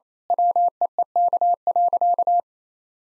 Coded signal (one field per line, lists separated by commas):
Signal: Morse code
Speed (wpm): 27 wpm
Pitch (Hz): 700 Hz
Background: none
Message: WEEK.